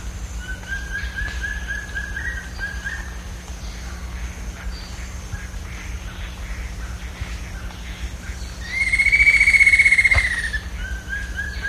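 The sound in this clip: Bird calling: a series of short repeated notes, quiet spell, then a strong, sustained, slightly wavering note with overtones lasting about two seconds.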